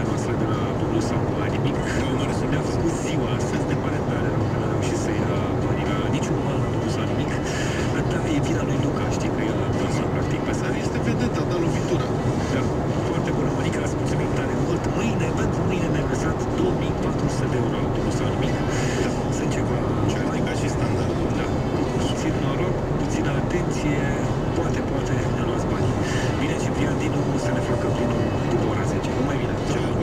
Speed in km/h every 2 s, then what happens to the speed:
139, 139, 139, 139, 140, 140, 140, 140, 140, 140, 140, 140, 140, 140, 140.
0-30 steady at about 140.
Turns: none.